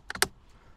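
A flight battery showing all four green lights is pushed into the rear battery bay of a DJI Phantom 3 Standard quadcopter until its latches engage. Two smaller clicks at 0.1 and 0.15 s lead into a sharp, loud click at 0.2 s, followed by quiet. The battery is confirmed clicked in and seated.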